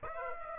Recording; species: mosquito wingbeat signal from an infrared sensor; Aedes aegypti